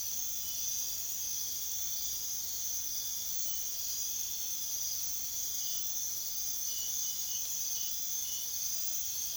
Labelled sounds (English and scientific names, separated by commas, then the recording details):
none
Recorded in secondary vegetation near Puerto Asís, Putumayo, Colombia, on 22 June 2025 at 01:00
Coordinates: 0.500, -76.326
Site GP08